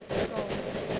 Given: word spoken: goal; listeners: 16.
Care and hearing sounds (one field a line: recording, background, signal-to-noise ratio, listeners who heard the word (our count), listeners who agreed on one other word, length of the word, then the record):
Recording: one English word in noise, from a listening test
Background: noise modulated by three-talker babble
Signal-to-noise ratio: -7.9 dB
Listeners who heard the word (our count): 0 of 16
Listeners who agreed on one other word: 10 of 16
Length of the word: 0.59 s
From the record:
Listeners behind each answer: 10, 1, 1, 1, 1, 1, 1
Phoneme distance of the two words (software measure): 7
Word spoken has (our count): 1 syllable, 3 phonemes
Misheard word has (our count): 1 syllable, 4 phonemes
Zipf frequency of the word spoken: 4.97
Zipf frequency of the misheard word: 5.10